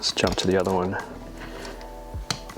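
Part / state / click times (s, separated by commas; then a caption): torque wrench on a chainring bolt of a road bike crankset / torque reached / 2.3 s. A torque wrench set to 6 Nm tightens a steel chainring bolt on the aluminium crank of a road bike crankset while someone talks. The wrench gives a sharp click at 2.3 s, almost at once, showing the bolt has reached the setting quickly.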